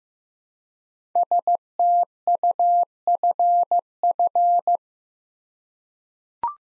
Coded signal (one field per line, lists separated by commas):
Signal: Morse code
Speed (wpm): 15 wpm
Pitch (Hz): 700 Hz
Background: none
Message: STUFF